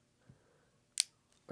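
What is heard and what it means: A bow sight rail is slid down onto a bridge-lock mount on a Matthews bow, with the little dial flipped up, until it locks into place. After a faint low thump near 0.3 s, a sharp, bright click at 1.0 s marks the rail seating. It is followed by a tiny tick at 1.3 s and another louder knock starting at 1.5 s as the clip ends.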